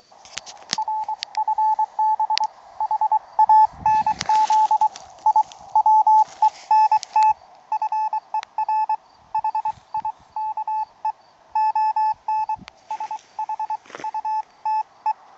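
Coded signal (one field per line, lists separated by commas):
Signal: Morse code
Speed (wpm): 24 wpm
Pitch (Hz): 870 Hz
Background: radio noise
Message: RFB HANZ I WENT FER HIKE ON SHUTE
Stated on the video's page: QRP CW portable operation on 80 meters.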